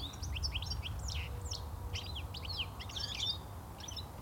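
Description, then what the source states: European goldfinch calls: quick tinkling, liquid twittering notes in bursts over a steady low rumbling background. Finnish name 'tikli' is onomatopoeic, the call resembling the word; goldfinches move in groups year-round, chattering to each other.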